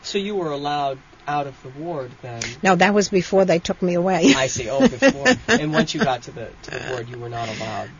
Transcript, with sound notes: So you were allowed out of the ward then?
No, that was before they took me away. (She laughs)
Oh, before. And once you got to the ward you were not allowed.